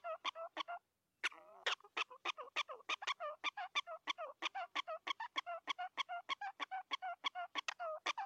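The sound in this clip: Prairie dog giving quick, sharp yipping barks in a long rhythmic series, with one short break early on before the steady repetition resumes.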